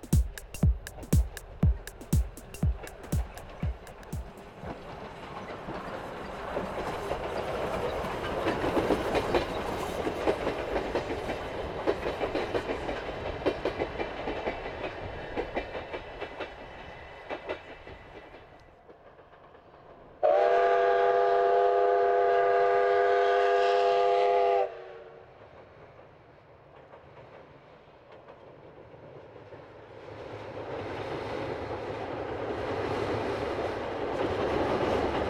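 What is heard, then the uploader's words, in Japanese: A steam locomotive hauls a passenger train past, opening with a few seconds of sharp, rapid chuffs before settling into a dense, rolling rumble of wheels and carriages. Around twenty seconds, a loud, steady whistle blows for about four seconds, then the rumble returns more distantly. JR陸羽西線を走るC11 325牽引の「SLもがみ号」です。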